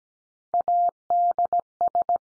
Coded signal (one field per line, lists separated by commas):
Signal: Morse code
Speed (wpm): 17 wpm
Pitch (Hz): 700 Hz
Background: none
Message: ADS